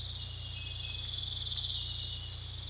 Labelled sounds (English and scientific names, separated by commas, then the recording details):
none
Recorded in pastures near Puerto Asís, Putumayo, Colombia, on 16 December 2024 at 04:30
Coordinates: 0.472, -76.329
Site G072